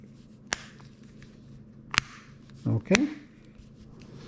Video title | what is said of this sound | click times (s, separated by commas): DIY Changing battery in a Cadillac key fob 2014 to Present | you put them on and you press together so you hear the click | 0.5 s, 2.0 s